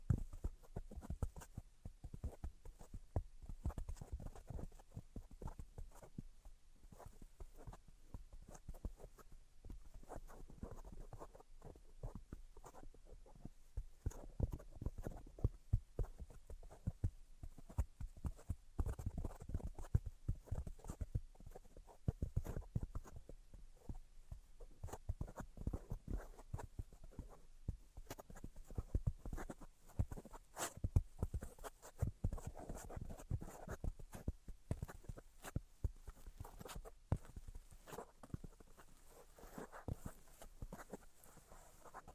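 Tapping and scratching sounds run continuously through the recording, a dense stream of short dry clicks and knocks with soft scraping between them. The pace is quick and uneven, with a few sharper, louder taps standing out, one especially around the thirty-second mark.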